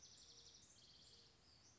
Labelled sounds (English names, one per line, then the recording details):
Western Flycatcher
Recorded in Sonoma County, California